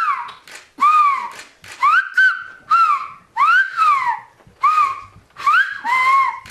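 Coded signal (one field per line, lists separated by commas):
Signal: whistled language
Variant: Occitan whistled language (Aas)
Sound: a series of about eight gliding whistled syllables rising and falling in pitch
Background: small room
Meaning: Paul, pass the ball to Marco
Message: porte lou balou à Marco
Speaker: oh porte loubalou à à Marco et en français au Paul porte le ballon à Marco voilà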